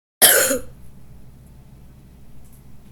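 A single short, forceful cough from an adult, lasting under half a second, followed by quiet room tone. It is a plain, isolated cough with no wheeze and no repeated bouts.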